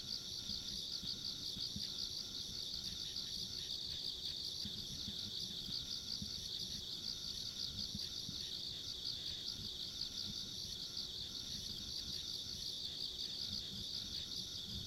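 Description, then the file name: Insect chorus of unbroken high, throbbing trills with a thin upper buzz, plus occasional faint mid-pitched notes and a low rumbling background. Ambient insect sounds along a rural country road. "田舎道の虫の環境音"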